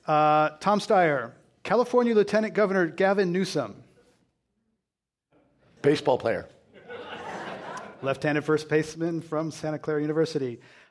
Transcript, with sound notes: Tom Steyer, California Lieutenant Governor Gavin Newsom.
Baseball player.
[Laughter]
Left-handed first-baseman from Santa Clara University.